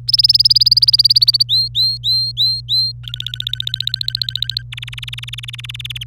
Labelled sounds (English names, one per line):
Domestic Canary song